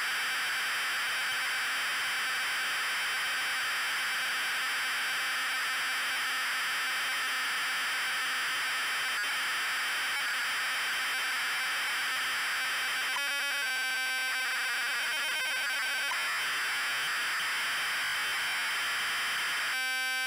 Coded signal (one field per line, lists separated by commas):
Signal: ZX Spectrum tape loading